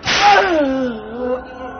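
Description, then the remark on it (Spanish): A single sharp whip crack from a triple-tailed flagrum lands on a man's back during a flogging, followed at once by a drawn-out, wavering cry of pain that slowly falls in pitch and fades. “El latigazo número 40 llegó a los 4 o 5 minutos de haberse iniciado el suplicio.”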